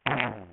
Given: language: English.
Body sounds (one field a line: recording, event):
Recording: throat vibration sensor signal played as sound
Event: throat clearing